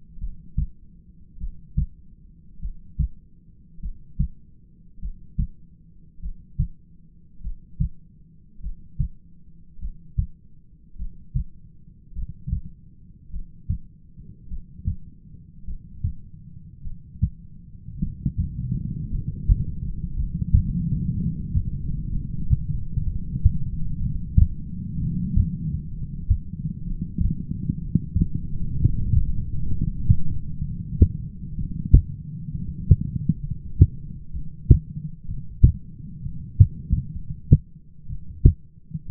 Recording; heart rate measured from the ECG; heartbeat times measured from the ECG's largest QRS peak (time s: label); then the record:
heart sounds by stethoscope; 57 bpm
0.19 s: heartbeat
1.39 s: heartbeat
2.60 s: heartbeat
3.80 s: heartbeat
5.00 s: heartbeat
6.20 s: heartbeat
7.42 s: heartbeat
8.61 s: heartbeat
9.79 s: heartbeat
10.96 s: heartbeat
12.13 s: heartbeat
13.31 s: heartbeat
14.48 s: heartbeat
15.65 s: heartbeat
16.82 s: heartbeat
17.99 s: heartbeat
19.09 s: heartbeat
20.14 s: heartbeat
21.14 s: heartbeat
22.09 s: heartbeat
23.04 s: heartbeat
24.00 s: heartbeat
24.99 s: heartbeat
25.90 s: heartbeat
26.84 s: heartbeat
27.80 s: heartbeat
28.76 s: heartbeat
29.71 s: heartbeat
30.62 s: heartbeat
31.56 s: heartbeat
32.51 s: heartbeat
33.41 s: heartbeat
34.33 s: heartbeat
35.27 s: heartbeat
36.22 s: heartbeat
37.13 s: heartbeat
38.09 s: heartbeat
39.08 s: heartbeat
From the record:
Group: heart failure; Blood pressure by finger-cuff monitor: 98/61 mmHg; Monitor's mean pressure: 72 mmHg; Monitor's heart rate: 59 bpm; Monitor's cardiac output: 5.6 L/min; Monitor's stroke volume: 105 mL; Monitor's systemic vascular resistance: 920 dyn s/cm5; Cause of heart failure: dilated cardiomyopathy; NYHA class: 2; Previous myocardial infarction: absent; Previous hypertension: absent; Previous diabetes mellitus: absent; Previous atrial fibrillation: absent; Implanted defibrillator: absent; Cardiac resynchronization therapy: absent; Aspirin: absent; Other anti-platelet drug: absent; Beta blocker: bisoprolol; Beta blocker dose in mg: 10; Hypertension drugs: sacubitril-valsartan, spironolactone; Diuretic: furosemide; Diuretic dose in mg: 40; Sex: male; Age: 29 years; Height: 174 cm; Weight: 92 kg